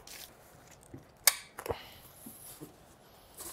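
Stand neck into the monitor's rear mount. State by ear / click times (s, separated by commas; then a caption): seated / 1.3 s. The plastic stand neck is pushed into its socket on the back of a 22-inch VX2267 (VX67 Series Full HD LED backlit) monitor, which is lifted slightly. A sharp click at 1.3 s shows the neck is fully inserted and seated, followed by a few softer knocks around 1.6–1.7 s and quiet handling noise.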